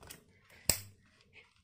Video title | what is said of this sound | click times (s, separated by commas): Kortex B5d high pressure car washer - Rs*999 - सबसे सत्ता car washer machine - car washer kaiseuse Karen | cut करके इसका मतलब ये लॉक हो गया खोलने के लिए आप इसको पीछे करके खींच सकते हो अगर | 0.7 s